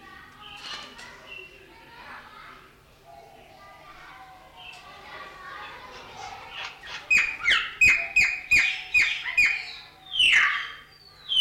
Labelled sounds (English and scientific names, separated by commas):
Golden Myna (Mino anais) call